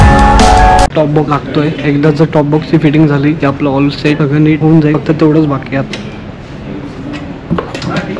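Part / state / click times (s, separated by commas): top box onto motorcycle rear mounting plate / seated / 7.6 s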